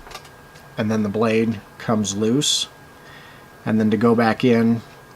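Someone talks about a Razor Lite folding knife with a replaceable steel blade that has come loose from the handle and is about to go back in, with short quiet pauses between phrases. The blade has not yet slid into the handle, and nothing has seated or clicked yet.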